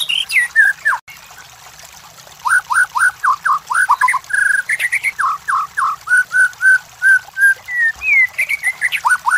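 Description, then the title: White-rumped shama song: rapid series of descending slurred whistles, a short pause, then steady repeated whistled phrases with some higher sharp notes, faint high ticking behind. Training (masteran) recording for white-rumped shamas; labaik style. "MURAI BATU LABAIK"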